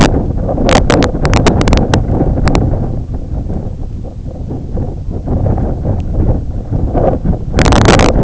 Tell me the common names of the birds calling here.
none